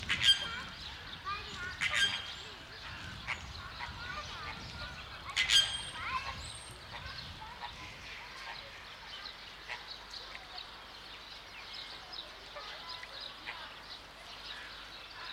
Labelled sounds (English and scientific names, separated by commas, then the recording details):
American Flamingo (Phoenicopterus ruber) call
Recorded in captivity
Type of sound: call
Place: Zoo Berlin, Berlin, DE
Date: 1995-03-04 12:18
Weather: heiter bis wolkig, 1 - 5 °C
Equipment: Marantz CP 130, Sennheiser ME 80, Kopie Uher Variocord 263
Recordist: Tembrock, Günter
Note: Einzeltier in Gruppe (Hochstellung): zweisilbige Rufe